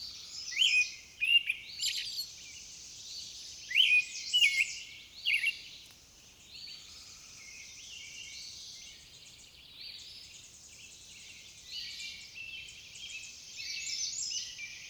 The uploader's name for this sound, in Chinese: 大自然的声音-鸣鸟流水声